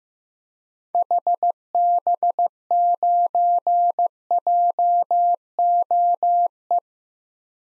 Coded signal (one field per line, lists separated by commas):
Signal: Morse code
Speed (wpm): 15 wpm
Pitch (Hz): 700 Hz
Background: none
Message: HB9JOE